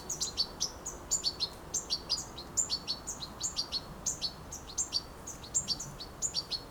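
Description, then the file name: European goldfinch calls: bright, high twittering notes in quick clusters, repeated steadily throughout over a soft background hiss. "Carduelis carduelis"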